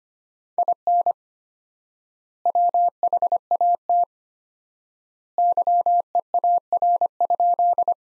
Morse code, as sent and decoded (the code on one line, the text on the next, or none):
.. -. / .-- .... .- - / -.-- . .- .-. ..--..
IN WHAT YEAR?